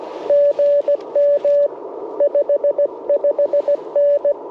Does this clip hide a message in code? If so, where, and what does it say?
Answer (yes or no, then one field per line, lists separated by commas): yes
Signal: Morse code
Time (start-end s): 0.3-4.3 s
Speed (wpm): 20 wpm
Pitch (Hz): 590 Hz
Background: radio noise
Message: GM 55N